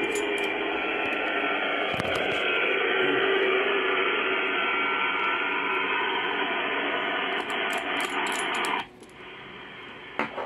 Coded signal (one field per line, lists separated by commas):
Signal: FT8